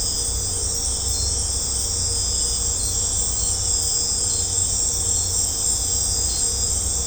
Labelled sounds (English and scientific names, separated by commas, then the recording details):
none
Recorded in secondary vegetation near Puerto Asís, Putumayo, Colombia, on 20 December 2024 at 19:30
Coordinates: 0.502, -76.326
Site G028